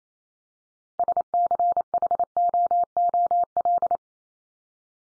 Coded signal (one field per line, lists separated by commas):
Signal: Morse code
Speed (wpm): 28 wpm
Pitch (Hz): 700 Hz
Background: none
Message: SCHOOL